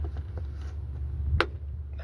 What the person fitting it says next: There we go, snapped in place.